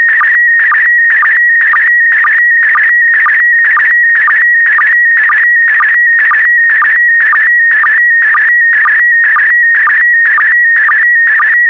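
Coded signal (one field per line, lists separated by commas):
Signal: SSTV (slow-scan television)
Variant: PD120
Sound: warbling whistle near 1.9 kHz with rhythmic low blips about twice a second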